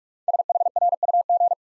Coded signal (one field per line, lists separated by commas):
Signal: Morse code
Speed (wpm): 44 wpm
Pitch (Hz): 700 Hz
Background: none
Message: SHRUG